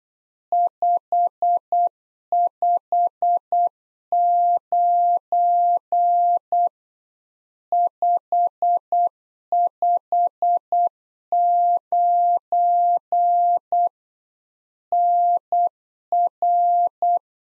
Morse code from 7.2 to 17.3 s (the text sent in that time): 559 NR